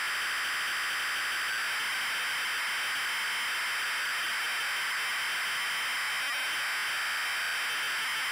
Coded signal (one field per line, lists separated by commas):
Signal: ZX Spectrum tape loading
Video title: Wizball TZX load test (ZX Spectrum +2, UK)